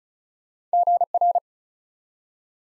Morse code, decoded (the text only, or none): GR